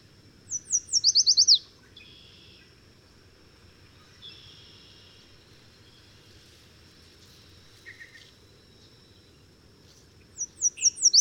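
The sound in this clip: Bird song, a fast series of high descending slurred notes at the start, quiet thin tones in between, then the same rapid descending series again at the end.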